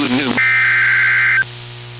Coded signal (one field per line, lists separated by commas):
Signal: Emergency Alert System (SAME) tones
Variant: header bursts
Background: speech